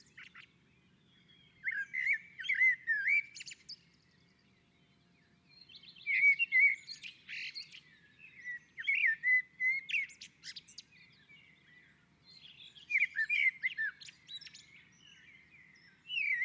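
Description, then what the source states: Common blackbird song: series of low, flute-like warbles each ending in thin high twittering, phrases recurring every few seconds. On a roof.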